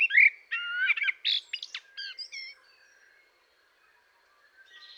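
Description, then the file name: Eurasian blackbird song: rich warbling flute-like notes followed by scratchy high twittering that fades into near silence. "Turdus merula"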